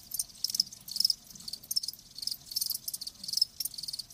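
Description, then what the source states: Crickets chirping in high, buzzy pulses, several insects overlapping in irregular bursts, with a steady high hiss between them. Live crickets chirping with a lulling song.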